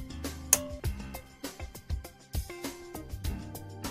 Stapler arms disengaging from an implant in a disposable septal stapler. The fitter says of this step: then fully release the trigger until a second click is heard